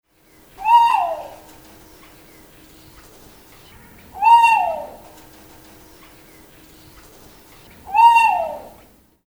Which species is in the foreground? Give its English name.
Trumpet Manucode